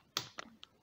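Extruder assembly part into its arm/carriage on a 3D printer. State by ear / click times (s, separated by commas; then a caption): seated / 0.2 s. While rebuilding the hot end after fitting a new heater core on a Wanhao i3 Duplicator 3D printer, an extruder assembly part is pushed home with some force into its arm/carriage. A sharp, loud click at 0.2 s marks it clicking into place, followed by two fainter clicks at about 0.4 s and 0.6 s. The part is seated and the arm is back in one piece.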